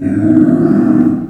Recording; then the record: squeal of a Yucatan mini pig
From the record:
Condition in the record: after surgery on the right vocal fold (resection and tissue-engineered implant); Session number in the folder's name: 4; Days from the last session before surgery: 26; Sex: female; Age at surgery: 19 weeks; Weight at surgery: 25 kg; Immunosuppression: prednisolone